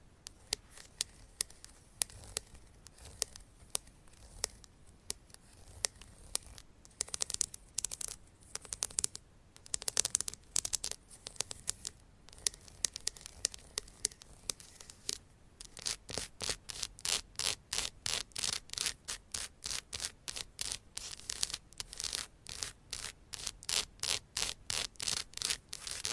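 Fast, aggressive ASMR tapping and scratching with nails on various items, a dense run of sharp, bright clicks over a soft rasping texture. The first half is irregular and scrubbing; after about fifteen seconds the taps turn into a quick, steady rhythm of crisp strikes.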